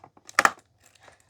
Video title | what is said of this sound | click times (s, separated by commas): I Tried the New Dyson V9 and Here’s What Happened! | And clicks into place. | 0.4 s